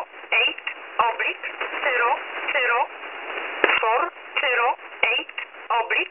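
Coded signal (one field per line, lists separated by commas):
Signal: numbers station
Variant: E11 Oblique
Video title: Polish Number Station E11 - Oblique - Null message - 22.08.2018 17:30 UTC - 7984 kHz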